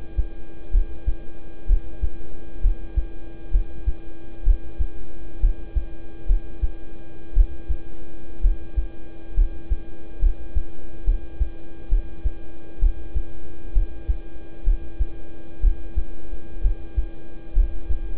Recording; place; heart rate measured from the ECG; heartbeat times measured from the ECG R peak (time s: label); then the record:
heart sounds by stethoscope; between the tricuspid and mitral areas; 64 bpm
0.71 s: heartbeat
1.66 s: heartbeat
2.61 s: heartbeat
3.51 s: heartbeat
4.43 s: heartbeat
5.40 s: heartbeat
6.26 s: heartbeat
7.33 s: heartbeat
8.41 s: heartbeat
9.34 s: heartbeat
10.19 s: heartbeat
11.04 s: heartbeat
11.89 s: heartbeat
12.79 s: heartbeat
13.73 s: heartbeat
14.64 s: heartbeat
15.60 s: heartbeat
16.61 s: heartbeat
17.53 s: heartbeat
From the record:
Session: rest, lying down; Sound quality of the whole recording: good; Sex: male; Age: 26 years